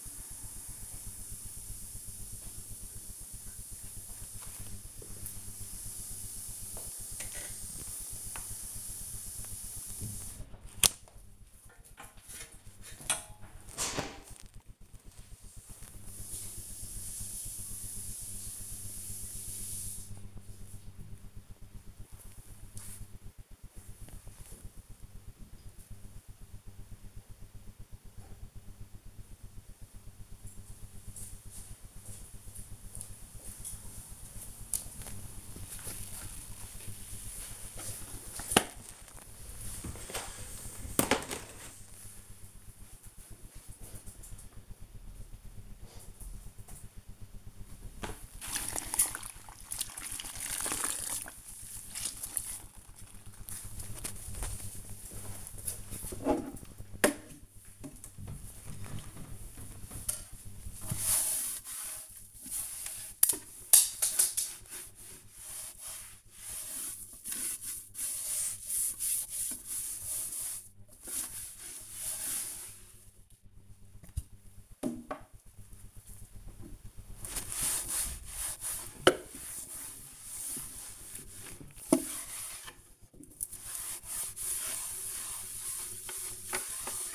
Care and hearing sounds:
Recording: household activities, microphone on the right wrist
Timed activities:
47.51-87.15 s: cleaning shelf

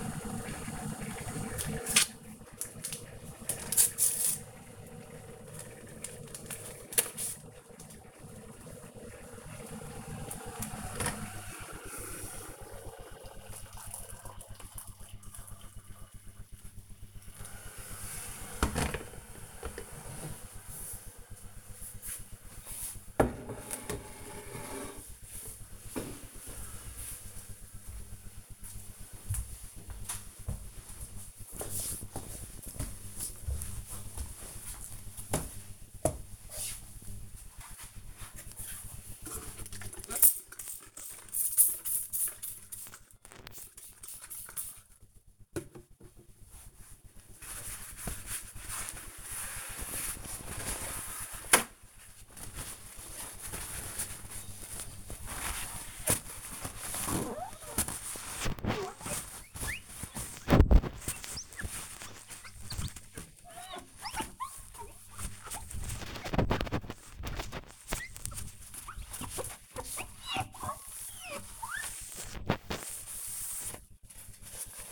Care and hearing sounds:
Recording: household activities, microphone on the right wrist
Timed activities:
0.00-22.44 s: making tea
37.51-74.91 s: window cleaning

